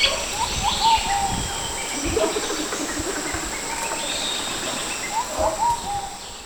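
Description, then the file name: Bird calls: soft, short whistled notes repeated at irregular intervals, with fainter high chirps, over a constant hiss. "SABIOD 50 bird 2015"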